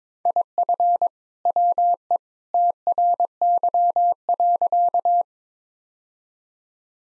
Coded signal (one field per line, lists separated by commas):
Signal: Morse code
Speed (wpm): 22 wpm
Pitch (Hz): 700 Hz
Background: none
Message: IF WE TRY.